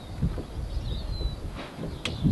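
A click-type torque wrench with a 14 mm socket is pulled on a cylinder head nut of a paramotor engine until it reaches its setting. Over a low background rumble, a single sharp click sounds at 2.1 seconds as the lever breaks away, confirming the nut is torqued to spec.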